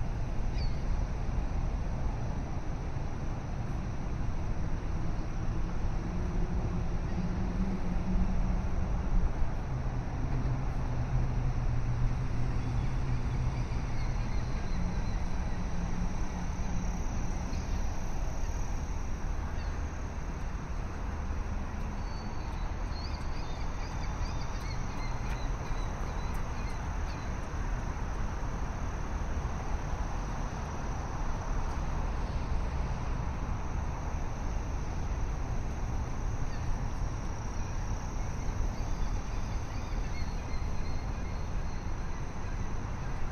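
A morning walk along a river in downtown Chicago at sunrise, filled with a steady, dense city rumble that barely changes in level. Faint low engine tones drift in around ten to fifteen seconds, and thin bird calls surface occasionally above the hum.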